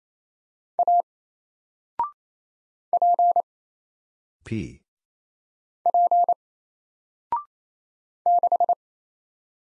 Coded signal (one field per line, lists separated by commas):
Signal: Morse code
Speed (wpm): 27 wpm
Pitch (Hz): 700 Hz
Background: none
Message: A P P 6